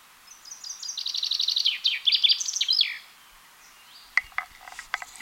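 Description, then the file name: Common chaffinch song, a bright trill of repeated notes descending in pitch and finishing with a short emphatic flourish, followed by a few sharp clicks and knocks. "Fringilla coelebs"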